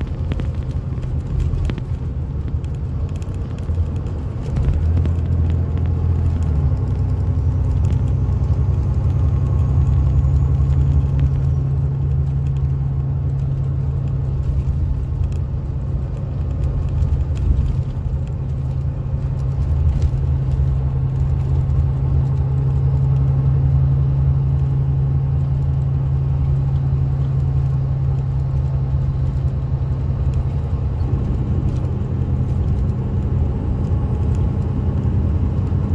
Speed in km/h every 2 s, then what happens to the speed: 74, 72, 74, 77, 77, 81, 79, 77, 77, 77, 79, 81, 79, 77, 76, 74, 72, 72.
8-23 steady at about 77. 23-31 slows to 72.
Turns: none.